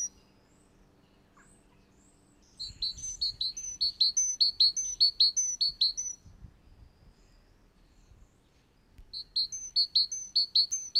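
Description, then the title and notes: Great tit song: a brief note, a pause, then a run of rapid ringing three-note phrases, a gap, and the phrases resuming near the end. "Talitiainen. Heidi Björklund"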